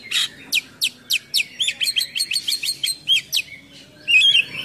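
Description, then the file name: Oriental magpie-robin song: a fast run of sharp high downslurred notes, then clustered chattering phrases and a brief warbled flourish near the end. Kacer in full 'gacor' song with 'full isian' imitations. "KACER GACOR FULL ISIAN MEWAH"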